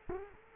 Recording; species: mosquito wingbeat signal from an infrared sensor; Culex quinquefasciatus